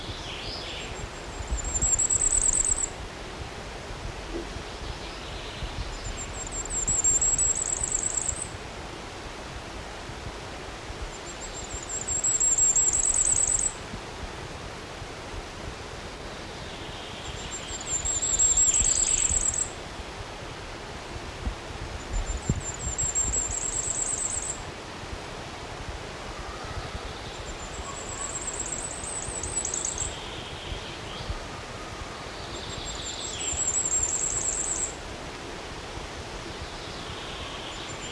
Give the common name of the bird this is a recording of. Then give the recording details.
Common Firecrest. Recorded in the wild. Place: Guntersdorf, DE. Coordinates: 50.6511, 8.25944. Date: 1964-05-21. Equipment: Uher Report 4000, AKG D190. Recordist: Krey, Winfried